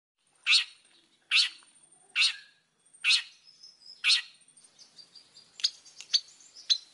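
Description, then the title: Oriental magpie-robin giving five harsh, rasping notes spaced under a second apart, followed by scattered thin chirps and whistles. Whistled song of a highly vocal Oriental magpie-robin, used as a lure to draw other magpie-robins into answering. "Pancingan Suara Siulan Kacer Gacor Mantap Untuk Memancing Kacer Lain Agar Mau Nyaut Bunyi"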